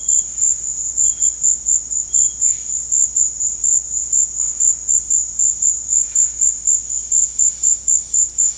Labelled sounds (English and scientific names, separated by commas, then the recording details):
none
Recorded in pastures near Puerto Asís, Putumayo, Colombia, on 13 March 2025 at 16:30
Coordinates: 0.502, -76.324
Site GP07